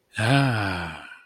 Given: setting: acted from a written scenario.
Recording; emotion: vocal sound without words; elation